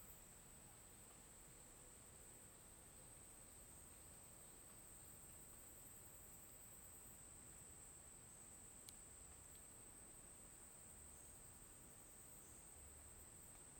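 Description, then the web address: Cricket chirring as a continuous thin high tone under constant low wind noise, with one sharp click partway through. Daytime forest ambience in Tocantins, Brazil, with an oscillating cricket and wind in the leaves. "Ambiente na mata dia com grilo oscilante e vento com folhas. local tocantins"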